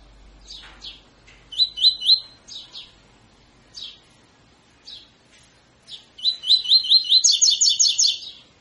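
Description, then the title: Double-collared seedeater singing: scattered short chirps and brief note groups, then a long, fast run of repeated high notes. Tutor song for training birds; tui tui fibra song type. "COLEIRO TUI TUI FIBRA"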